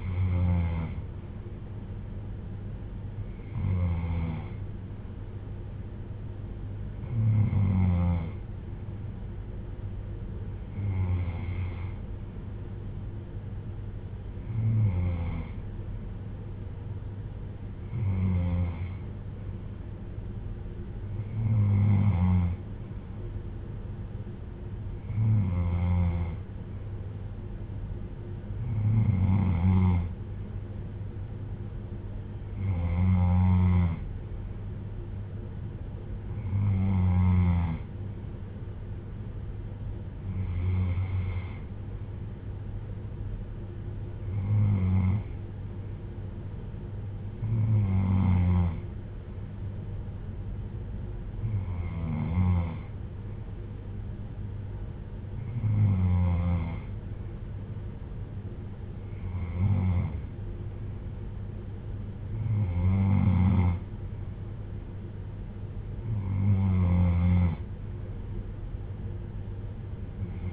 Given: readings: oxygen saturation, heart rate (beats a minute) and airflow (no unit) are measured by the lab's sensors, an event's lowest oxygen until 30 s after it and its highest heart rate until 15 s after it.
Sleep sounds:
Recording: breathing in sleep by a smartphone at the bedside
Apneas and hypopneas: none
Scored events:
none scored
From the record:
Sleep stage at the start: N3 (deep sleep)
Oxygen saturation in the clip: 94 to 95%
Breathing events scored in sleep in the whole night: 310 in 8.1 hours asleep

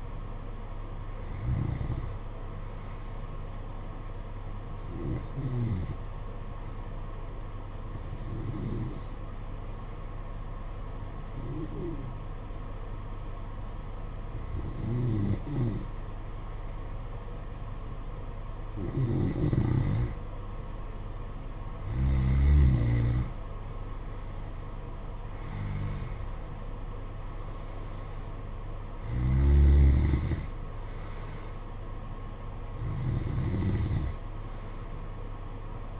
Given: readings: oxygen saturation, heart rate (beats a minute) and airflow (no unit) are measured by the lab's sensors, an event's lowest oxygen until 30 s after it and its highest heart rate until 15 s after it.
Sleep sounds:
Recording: breathing in sleep by a smartphone at the bedside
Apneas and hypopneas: 1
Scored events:
4.00-22.50 s: hypopnea (N2, oxygen 93% highest, then 90% lowest, heart rate 53 at the start, 57 highest)
From the record:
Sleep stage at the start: N2 (light sleep)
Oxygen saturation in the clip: 91 to 93%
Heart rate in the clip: 52 to 57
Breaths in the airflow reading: 10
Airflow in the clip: -9.0 to 6.6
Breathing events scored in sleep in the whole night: 476 in 9.7 hours asleep

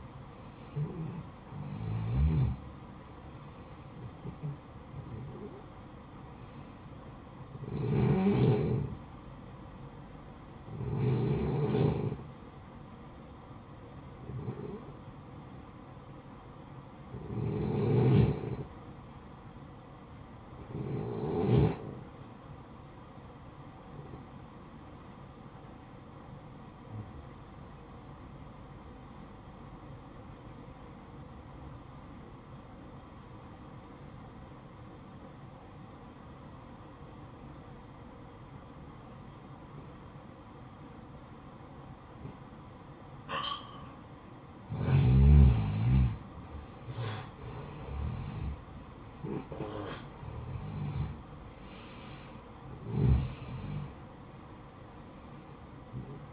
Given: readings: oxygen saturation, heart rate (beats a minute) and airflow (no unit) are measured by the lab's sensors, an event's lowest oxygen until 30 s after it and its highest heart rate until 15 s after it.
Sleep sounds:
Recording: breathing in sleep by a smartphone at the bedside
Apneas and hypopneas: 1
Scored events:
28.00-47.50 s: obstructive apnea (N1, oxygen 94% highest, then 87% lowest, heart rate 56 at the start, 65 highest)
From the record:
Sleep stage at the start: N1 (lightest sleep)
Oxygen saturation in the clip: 87 to 94%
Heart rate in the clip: 54 to 67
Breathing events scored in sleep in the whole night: 573 in 9.8 hours asleep

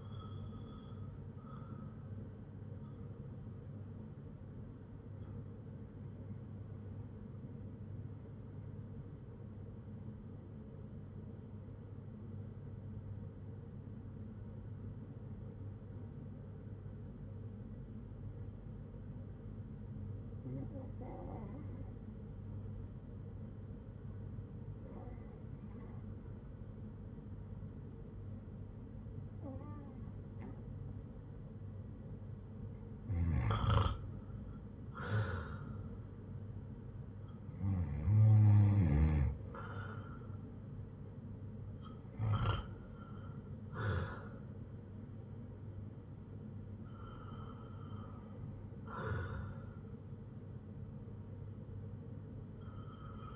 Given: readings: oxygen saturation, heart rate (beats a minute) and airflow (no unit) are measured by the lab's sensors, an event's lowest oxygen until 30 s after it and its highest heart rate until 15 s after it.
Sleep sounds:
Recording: breathing in sleep by a smartphone at the bedside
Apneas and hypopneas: 1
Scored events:
6.00-34.70 s: hypopnea (REM, oxygen 96% highest, then 87% lowest, heart rate 59 at the start, 76 highest)
From the record:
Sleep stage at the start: REM sleep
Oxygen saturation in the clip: 88 to 96%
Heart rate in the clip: 58 to 76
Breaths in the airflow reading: 13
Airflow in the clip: -9.1 to 7.1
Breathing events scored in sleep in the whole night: 182 in 7.4 hours asleep

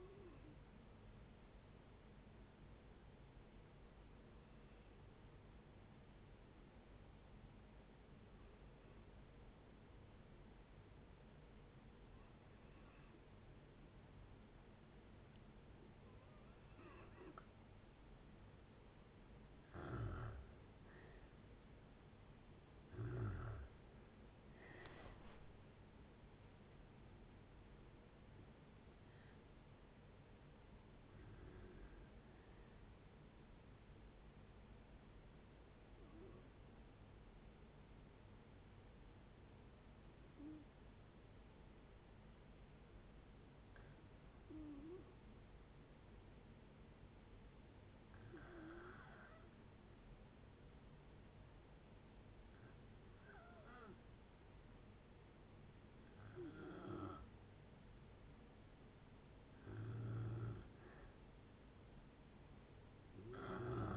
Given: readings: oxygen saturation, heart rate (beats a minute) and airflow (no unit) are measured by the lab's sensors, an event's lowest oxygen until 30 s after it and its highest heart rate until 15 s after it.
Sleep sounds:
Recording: breathing in sleep by a voice recorder at the bedside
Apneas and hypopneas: 2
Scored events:
4.00-22.50 s: hypopnea (N1, oxygen 95% highest, then 87% lowest, heart rate 62 at the start, 76 highest)
37.00-59.80 s: hypopnea (N1, oxygen 97% highest, then 90% lowest, heart rate 60 at the start, 69 highest)
51.00-63.96 s: new sleep stage, N2 (light sleep)
From the record:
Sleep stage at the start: N1 (lightest sleep)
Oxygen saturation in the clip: 87 to 97%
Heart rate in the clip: 57 to 76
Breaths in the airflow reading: 16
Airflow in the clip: -7.1 to 10.7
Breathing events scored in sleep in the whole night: 496 in 5.4 hours asleep

